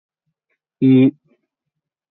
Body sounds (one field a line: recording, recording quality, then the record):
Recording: sustained vowel as in beet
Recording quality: excellent, no background noise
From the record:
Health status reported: healthy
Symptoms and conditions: none ticked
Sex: male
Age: 20 years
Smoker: not ticked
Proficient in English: yes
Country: India